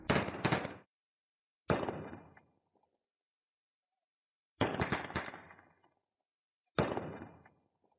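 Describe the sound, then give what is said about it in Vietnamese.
Gunfire exchange in a forest, with fighters hiding behind tree trunks and shooting at each other: four loud, sharp bursts, the first a rapid rattling volley and the rest single cracks, each trailing off in a rumbling decay, separated by short silences. “Bọn Nhật và bọn đại bàng xanh cứ nấp bên những thân cây mà bắn trả đũa lẫn nhau.”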